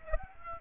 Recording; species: mosquito wingbeat signal from an infrared sensor; Aedes aegypti